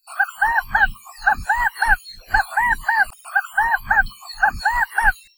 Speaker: One way to find California quail is by their call, which sounds a bit like Chicago